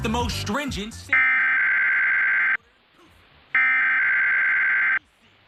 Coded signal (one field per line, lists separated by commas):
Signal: Emergency Alert System (SAME) tones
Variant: header bursts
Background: speech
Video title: San Joaquin Valley Required Monthly Test (EAS #737) 8/9/23